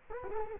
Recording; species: mosquito wingbeat signal from an infrared sensor; Culex quinquefasciatus